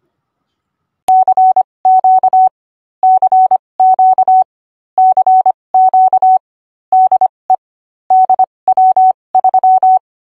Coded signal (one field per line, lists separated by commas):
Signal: Morse code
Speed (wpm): 25 wpm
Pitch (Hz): 750 Hz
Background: none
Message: CQ CQ CQ DE DW3